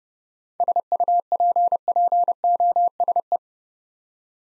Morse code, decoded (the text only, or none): SUPPOSE